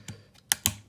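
A plastic LEGO brick element is pressed into the hollow middle of a stud on a LEGO Speed Champions McLaren Senna model car. A soft tap at 0.1 s is followed by a sharp click at 0.5 s as the piece snaps home and seats, then a second sharp click at 0.7 s.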